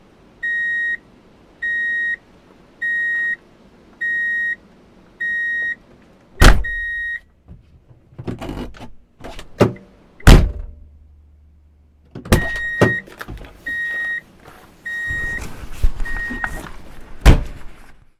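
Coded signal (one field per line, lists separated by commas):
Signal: beep code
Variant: car in reverse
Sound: steady repeating beeps about once per second, then mechanical clunks and thumps, beeps resume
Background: car door and engine clunks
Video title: Drive in Reverse Beep Alert - Sound Effects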